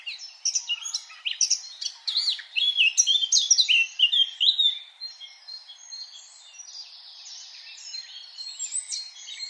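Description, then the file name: Eurasian blackcap song, a fast run of varied scratchy and fluty warbled notes with quick jumps in pitch, then softer, thinner twittering trailing off toward the end. "Sylvia atricapilla"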